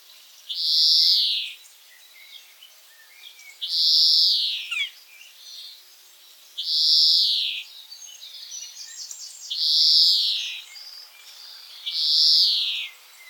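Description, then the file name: European greenfinch repeating drawn-out buzzy wheezes roughly every three seconds, five in all, with faint short chirps between them. "Chloris chloris"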